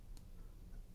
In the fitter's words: and it releases it now this isn't sliding back the way I want it to